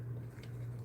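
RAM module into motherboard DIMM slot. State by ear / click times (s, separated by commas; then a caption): not seated / none. A RAM module is pressed into a motherboard DIMM slot, but nothing has clicked or seated audibly. There is a steady low hum and a faint, brief tick near 0.4 s.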